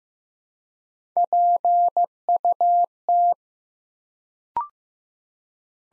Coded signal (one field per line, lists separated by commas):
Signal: Morse code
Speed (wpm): 15 wpm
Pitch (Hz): 700 Hz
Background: none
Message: PUT